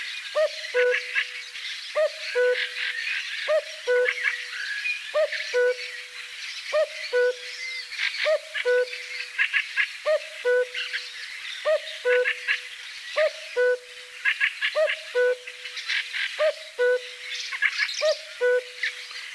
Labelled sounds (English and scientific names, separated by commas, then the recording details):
Common Cuckoo (Cuculus canorus) song
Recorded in the wild
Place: Kaiserstuhl, Baden-Württemberg, DE
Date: 1981-05-10
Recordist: Schwarz, Dieter